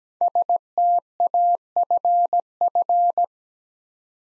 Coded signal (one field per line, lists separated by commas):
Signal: Morse code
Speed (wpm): 17 wpm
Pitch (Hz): 700 Hz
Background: none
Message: STAFF